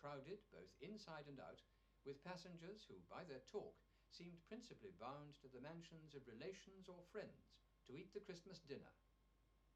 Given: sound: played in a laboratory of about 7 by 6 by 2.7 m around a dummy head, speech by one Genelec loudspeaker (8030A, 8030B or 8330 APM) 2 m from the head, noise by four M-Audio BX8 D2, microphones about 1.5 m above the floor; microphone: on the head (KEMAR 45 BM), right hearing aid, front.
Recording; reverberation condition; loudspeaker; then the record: male speech in English; low; 120 degrees to the right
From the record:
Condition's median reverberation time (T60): about 310 ms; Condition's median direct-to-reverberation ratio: about 3.5 dB